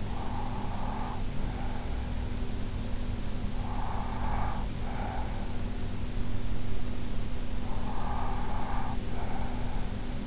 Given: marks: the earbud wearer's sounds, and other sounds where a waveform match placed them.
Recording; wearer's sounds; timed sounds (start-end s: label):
sounds in sleep by an in-ear microphone; breath
0.00-2.35 s: breath
3.16-5.75 s: breath
7.56-10.27 s: breath